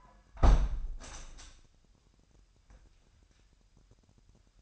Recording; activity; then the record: daily activity, microphone in the room; close window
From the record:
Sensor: 2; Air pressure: 997.9 hPa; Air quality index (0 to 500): 140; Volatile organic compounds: 4 ppm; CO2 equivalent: 1584 ppm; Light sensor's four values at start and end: 10/30/12/12 and 10/31/12/12